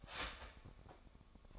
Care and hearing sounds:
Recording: daily activity, microphone in the room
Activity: start toaster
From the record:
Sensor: 5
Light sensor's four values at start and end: 34/109/41/41 and 34/109/41/41

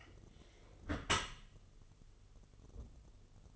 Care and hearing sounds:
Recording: daily activity, microphone in the room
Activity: close dishwasher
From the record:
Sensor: 4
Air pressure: 1015.8 hPa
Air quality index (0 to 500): 109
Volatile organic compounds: 2 ppm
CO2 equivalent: 1223 ppm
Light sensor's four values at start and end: 9/19/7/7 and 8/18/7/7

